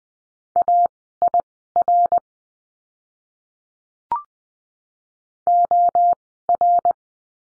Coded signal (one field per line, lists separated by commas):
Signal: Morse code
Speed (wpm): 20 wpm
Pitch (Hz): 700 Hz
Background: none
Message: AIR OR